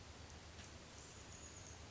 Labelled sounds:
Chestnut-backed Chickadee
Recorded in Sonoma County, California

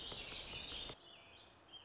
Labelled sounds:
Warbling Vireo
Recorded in Sonoma County, California

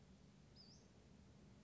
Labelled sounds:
Western Flycatcher
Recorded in Sonoma County, California

